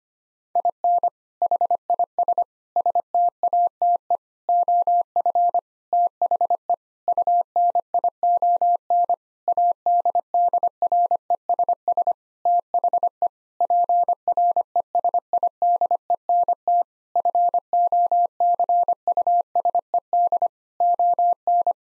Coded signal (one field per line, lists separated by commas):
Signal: Morse code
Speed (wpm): 25 wpm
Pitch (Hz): 700 Hz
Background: none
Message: IN HIS STATE OF THE UNION ADDRESS THE PRESIDENT FOCUSED ON